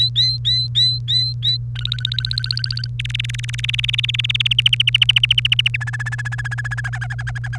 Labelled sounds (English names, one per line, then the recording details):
Domestic Canary song
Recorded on 1 May 2018 at 06:10
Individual llb3